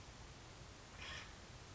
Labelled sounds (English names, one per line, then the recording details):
Acorn Woodpecker
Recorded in Sonoma County, California